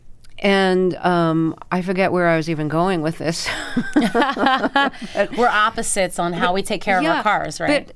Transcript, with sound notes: And I forget where I was even going with this.
(LAUGHTER)
We're opposites on how we take care of our cars, right?